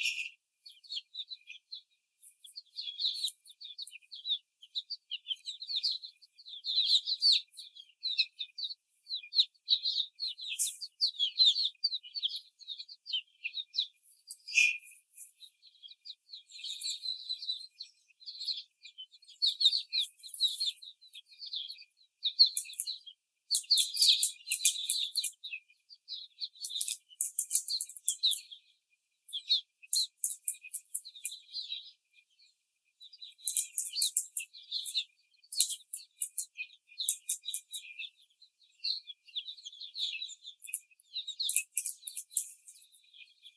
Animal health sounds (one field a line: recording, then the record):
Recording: young laying hens in a cage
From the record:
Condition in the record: before the stressor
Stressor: simulated dog barking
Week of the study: 4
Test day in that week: 3